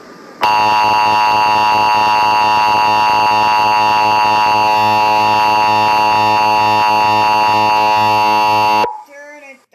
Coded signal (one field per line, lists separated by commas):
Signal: Emergency Alert System (SAME) tones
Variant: 853 and 960 Hz attention tone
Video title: Trever (Stikbot) Reaction of the Grieving EAS Scenario